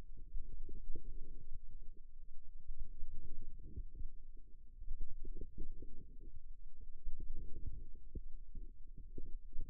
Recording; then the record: forearm muscle sounds (acoustic myography)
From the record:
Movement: outward rotation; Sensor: system 2, bracelet of six BSWA MPA416 microphones around the upper forearm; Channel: 5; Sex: female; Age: 22 years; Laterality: right